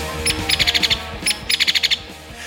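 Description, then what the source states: Hairy Woodpecker calling: a single sharp high note, then a quick run of about six bright staccato notes, the whole pattern given twice. Call, compared with the downy woodpecker's call.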